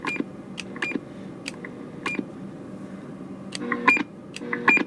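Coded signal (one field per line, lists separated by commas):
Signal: roger beep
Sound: mic key clicks and static bursts, each release ending in a very short high beep, twice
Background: radio static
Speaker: you hear how much shorter it is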